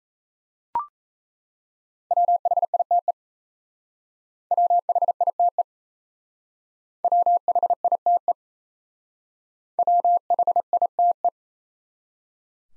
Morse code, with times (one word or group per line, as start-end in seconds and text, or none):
2.1-3.1 WHITE
4.5-5.6 WHITE
7.0-8.3 WHITE
9.8-11.3 WHITE